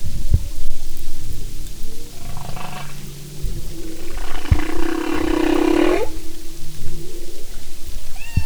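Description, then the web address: Humpback whale song: low hums and a long loud buzzy, grating unit that sweeps upward at its end, against noisy underwater background. "Sound and Marine Mammals humpback"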